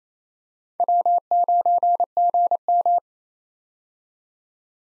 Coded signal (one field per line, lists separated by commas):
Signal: Morse code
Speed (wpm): 28 wpm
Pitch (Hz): 700 Hz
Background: none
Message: W9GM